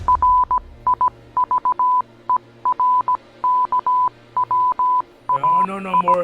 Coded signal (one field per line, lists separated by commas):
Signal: Morse code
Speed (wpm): 17 wpm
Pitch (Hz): 1000 Hz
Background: none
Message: RIVER KWAI